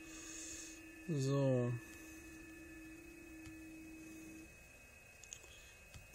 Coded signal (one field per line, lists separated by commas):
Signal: PSK31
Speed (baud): 31.25 baud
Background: speech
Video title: Versuche QRP Verbindungen im 15 m Band in PSK31 aus dem Bully T4 mit 4 Watt [ [DL4DP und DO7DP]